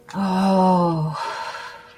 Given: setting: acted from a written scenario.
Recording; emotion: vocal sound without words; romantic love